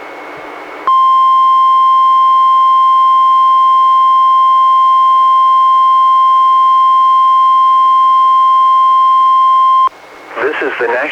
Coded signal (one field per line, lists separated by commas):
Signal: Emergency Alert System (SAME) tones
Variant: 1050 Hz attention tone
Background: speech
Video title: EAS #181-182: 2 NWR Required Weekly Tests- July 12-19, 2017